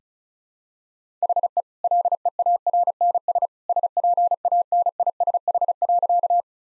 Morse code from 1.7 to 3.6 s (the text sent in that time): LEARNS